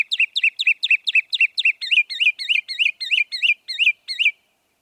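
Northern mockingbird song: a quick repeated chip series that changes into a run of looping, upslurred syllables repeated many times.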